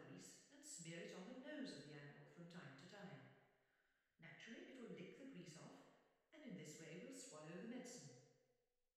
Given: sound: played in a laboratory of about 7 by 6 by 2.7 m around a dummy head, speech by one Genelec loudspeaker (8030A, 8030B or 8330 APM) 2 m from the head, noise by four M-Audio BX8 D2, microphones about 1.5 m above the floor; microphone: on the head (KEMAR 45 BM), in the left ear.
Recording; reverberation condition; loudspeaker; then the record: female speech in English; high; behind (180 degrees)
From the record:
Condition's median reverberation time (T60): about 1300 ms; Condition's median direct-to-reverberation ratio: about -4.0 dB